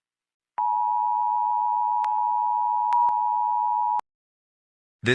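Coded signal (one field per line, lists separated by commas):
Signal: Emergency Alert System (SAME) tones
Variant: 853 and 960 Hz attention tone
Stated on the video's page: Fake asteroid warning EAS alert shown during PAW Patrol; not real.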